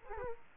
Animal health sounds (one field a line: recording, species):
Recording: mosquito wingbeat signal from an infrared sensor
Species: Culex quinquefasciatus